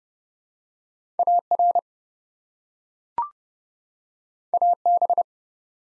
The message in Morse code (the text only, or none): AR AB